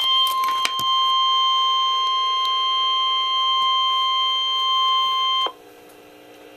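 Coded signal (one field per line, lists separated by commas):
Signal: Emergency Alert System (SAME) tones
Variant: 1050 Hz attention tone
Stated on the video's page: Real severe thunderstorm warning from NWS State College, PA, for Lancaster and eastern York counties.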